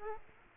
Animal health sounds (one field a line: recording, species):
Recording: mosquito wingbeat signal from an infrared sensor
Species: Aedes aegypti